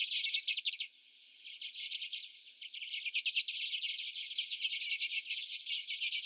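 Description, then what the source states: Common redpolls giving rapid dry chips and twitters, a brief lull near the first second, then dense chatter resumes. Several common redpolls.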